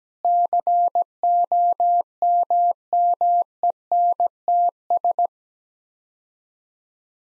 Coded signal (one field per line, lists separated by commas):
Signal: Morse code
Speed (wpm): 17 wpm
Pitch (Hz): 700 Hz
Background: none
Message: COMMENTS